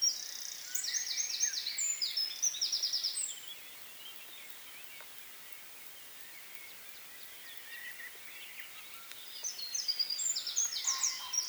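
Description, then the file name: Eurasian wren singing high, rapid rattling trills for about three seconds, then a quiet stretch, and the trilling song resumes near the end. "Troglodytes troglodytes"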